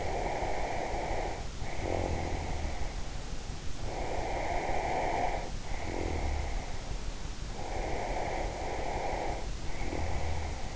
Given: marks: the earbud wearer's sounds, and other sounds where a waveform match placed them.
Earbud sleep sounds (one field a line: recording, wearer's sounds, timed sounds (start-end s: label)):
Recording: sounds in sleep by an in-ear microphone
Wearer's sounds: snoring breath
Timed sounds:
0.00-2.97 s: snoring breath
3.79-6.78 s: snoring breath
7.62-10.76 s: snoring breath